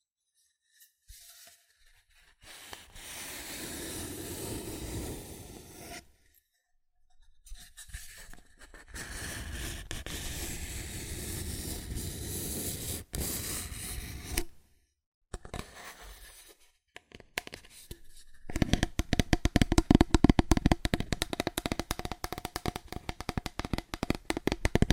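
Cardboard scratched and rubbed in long rough bursts separated by silent gaps, then a fast, rapid tapping run fills the last six seconds.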